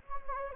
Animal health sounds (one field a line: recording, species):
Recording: mosquito wingbeat signal from an infrared sensor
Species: Anopheles gambiae